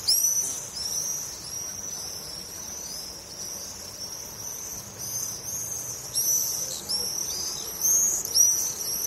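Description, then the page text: Swifts screaming: shrill, high, drawn-out buzzy screams from several birds, overlapping and repeated in quick bursts, loudest near the end. "Стрижи - Пение стрижей"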